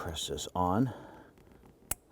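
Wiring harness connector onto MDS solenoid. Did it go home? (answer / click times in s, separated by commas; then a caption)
yes / 1.9 s. Someone talks as a plastic wiring harness connector is pressed onto the MDS solenoid of a 2011–2018 Ram 1500. After a quiet stretch, a single sharp snap at 1.9 s marks the connector seating into place.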